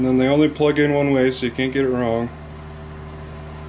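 A keyed plastic harness connector on LED cube light wiring for a Jeep is lined up and handled before being pushed into its mating harness plug. Someone talks for the first couple of seconds, then a steady low hum continues. Nothing has clicked or seated yet.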